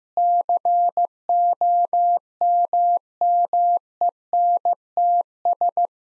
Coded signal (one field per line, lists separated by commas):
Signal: Morse code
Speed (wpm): 15 wpm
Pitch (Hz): 700 Hz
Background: none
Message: COMMENTS